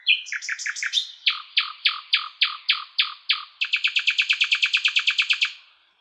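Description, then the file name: Common nightingale song: opening twittered notes, then loud repeated downslurred whistles, then a rapid rhythmic series of identical chirps. "Luscinia megarhynchos"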